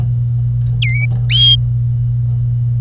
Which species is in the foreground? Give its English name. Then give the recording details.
Domestic Canary. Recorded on 25 April 2018 at 08:58. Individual llb3